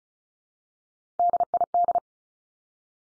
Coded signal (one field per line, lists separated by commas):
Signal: Morse code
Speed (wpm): 34 wpm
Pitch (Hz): 700 Hz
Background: none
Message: DID